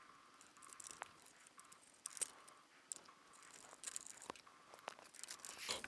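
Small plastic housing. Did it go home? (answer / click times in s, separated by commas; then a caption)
no / none. A replacement plastic housing half is pressed onto a Nintendo DS Lite handheld game console, making scraping, crinkling and creaking plastic sounds with a few sharp ticks. The poorly made housing does not fit together well, and nothing has seated or clicked into place yet.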